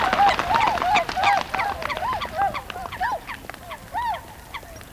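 Whooper swans calling rapidly, a dense run of bugled, arched honks, roughly three each second, fading slightly toward the end.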